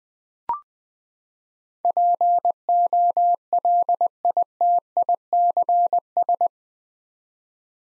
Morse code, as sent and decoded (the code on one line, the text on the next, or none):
.--. --- .-.. .. - .. -.-. ...
POLITICS